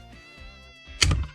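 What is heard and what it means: A part of a Hurst 4-speed shifter is pried and worked into position with a screwdriver on the metal shifter body over a steady tonal hum. It snaps home with a sharp click at 1.0 s, followed by a softer knock at 1.1 s, and the part is seated in the shifter assembly.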